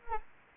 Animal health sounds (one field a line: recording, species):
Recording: mosquito wingbeat signal from an infrared sensor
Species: Anopheles arabiensis